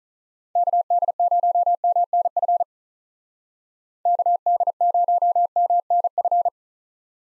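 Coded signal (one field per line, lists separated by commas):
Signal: Morse code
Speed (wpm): 44 wpm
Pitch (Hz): 700 Hz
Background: none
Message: KD0MNF KD0MNF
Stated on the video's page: USA call sign drill in speed-racing format, starting at 35 wpm and slowing to a base speed, with a final repeat at maximum speed.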